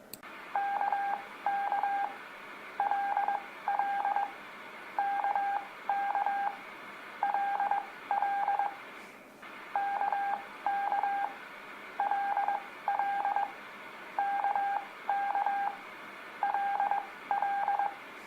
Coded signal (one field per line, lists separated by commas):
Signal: Morse code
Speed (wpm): 19 wpm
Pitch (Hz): 800 Hz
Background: none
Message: KK LL KK LL KK LL KK LL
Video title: Practice Morse Code With Letters K L M N O | Beginners